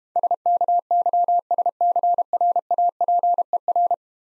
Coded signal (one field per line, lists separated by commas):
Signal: Morse code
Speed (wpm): 31 wpm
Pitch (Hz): 700 Hz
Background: none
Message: SKYSCRAPER